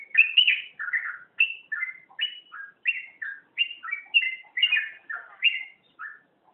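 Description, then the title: Magpie-robin song: loud, varied whistled phrases and chirps spaced by tiny gaps, rising and falling in pitch in a lively rhythm. "Kicau Kacer"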